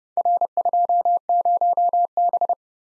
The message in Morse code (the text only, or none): R20B